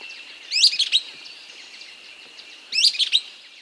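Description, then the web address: Golden-crowned flycatcher song: a pair of shrill, buzzy, tumbling phrases roughly two seconds apart, set against a continuous high-pitched background drone. South America. "Natures Songs S America Golden-Crowned Flycatcher"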